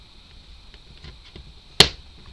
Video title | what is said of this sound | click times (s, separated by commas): Day 6 Steps 17 -21Rolife Music Dreamer Sakura Dreamy Tour Model Build-Attach Switches, Trees & Frame | There we go, nice click on that. | 1.8 s